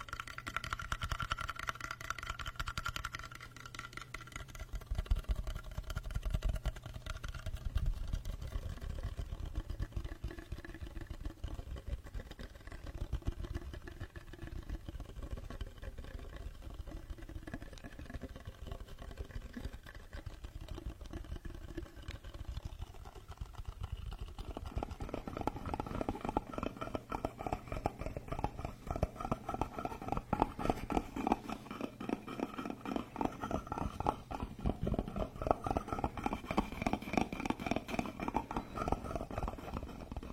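Wooden massage tools work in a steady, rumbling rhythm, shifting near twenty-five seconds to brighter, faster, more insistent rolling pulses.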